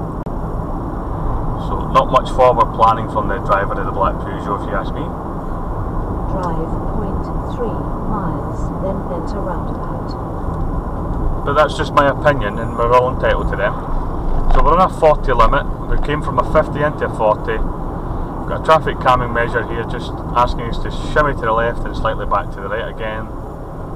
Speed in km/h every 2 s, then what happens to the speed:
52, 55, 55, 55, 55, 55, 52, 52, 50, 50, 48, 47.
0-10 steady at about 55. 10-24 slows to 47.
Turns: none.